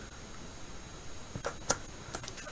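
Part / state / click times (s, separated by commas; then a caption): sway bar parts into their mounts on an RC truck / not seated / none. CNC-machined B50 KAOS sway bar parts are handled and pressed toward their tight-tolerance mounts on a 1/10 RC truck, with a low background hum. Light plastic-like ticks and taps come around 1.4–1.5 s, a sharper tick at 1.7 s, and more near 2.2 and 2.5 s. Nothing has seated or snapped into place yet when the clip ends.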